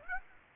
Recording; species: mosquito wingbeat signal from an infrared sensor; Aedes aegypti